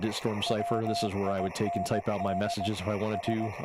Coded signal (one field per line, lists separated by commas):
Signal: Morse code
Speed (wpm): 18 wpm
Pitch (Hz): 690 Hz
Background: speech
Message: WIND S